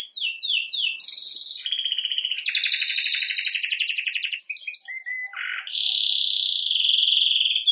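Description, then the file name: Canary song: quick descending notes, then sustained fast rolling trills, a brief low burst, and a long steady buzzy trill. "Canary Voice"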